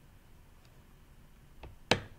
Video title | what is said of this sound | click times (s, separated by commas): Let's make and paint a wooden birdhouse with Ms. Helen! | I hear the other click. | 1.9 s